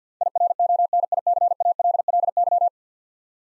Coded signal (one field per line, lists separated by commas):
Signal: Morse code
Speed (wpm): 47 wpm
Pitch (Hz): 700 Hz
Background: none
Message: IRONICALLY